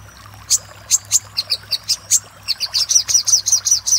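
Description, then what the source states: Little spiderhunter: spaced high chips at first, then speeding into a regular, rapid series of sharp, thin notes. Master song used to train cage birds.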